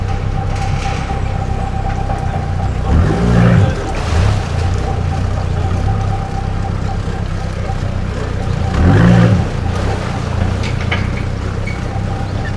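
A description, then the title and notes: A canal lock opening, with a steady low mechanical rumble and a thin constant whine running throughout. Heavier grinding surges rise near three to four seconds and again around nine seconds, and faint voices come and go in the background. Opening of the lock at Canal de Midi. Sounds produced by the river lock mechanism during its opening.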